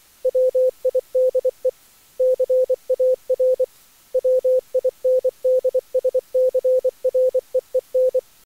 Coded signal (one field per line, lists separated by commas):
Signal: Morse code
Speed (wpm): 23 wpm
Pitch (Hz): 500 Hz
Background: none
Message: WIDE CAR WINDSCREEN